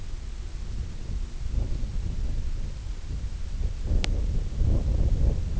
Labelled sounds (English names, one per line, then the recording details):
none
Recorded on Arctic tundra, site IGLO-D, on 20 June 2018
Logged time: 16:00